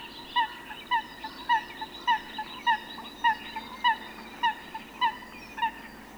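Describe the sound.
Eurasian Coot calls: short, clipped, slightly downslurred notes repeated regularly, about ten in a row, with fainter notes between them.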